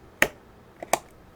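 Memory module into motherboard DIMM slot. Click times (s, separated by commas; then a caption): 0.2 s, 0.9 s. A DDR memory stick is pushed straight down into a motherboard DIMM slot until both retention clips snap. Two sharp clicks sound at 0.2 s and 0.9 s, with a faint tick just before the second. The module is seated.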